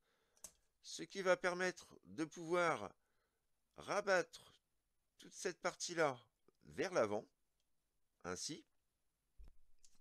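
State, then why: Seated. Someone talks while folding a plastic section of a vintage Gobots / Machine Robo MR-47 Tank Bust / Bad Boy transforming robot toy forward during its transformation. At 9.9 s a single short click is heard as the section snaps into its clip tab, seating it properly in place.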